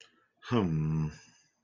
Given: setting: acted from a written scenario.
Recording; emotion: vocal sound without words; shame